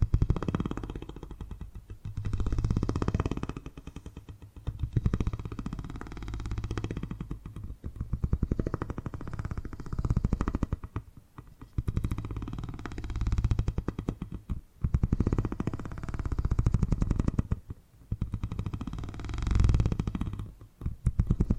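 Low, rumbling purring rises and falls in long swells every few seconds, with short gaps between bursts and a faint steady hum underneath.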